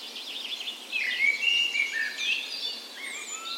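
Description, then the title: Birds: dawn chorus with quick warbles, then smooth whistled notes and slurred rising phrases from several singers overlapping. Dawn chorus recorded on the morning of 17 May, Norway's National Day, in a park west in Bergen, Norway, in spring; Sony PCM A10 recorder with LOM Usi microphones as "tree ears". "17th Of May Dawn Chorus"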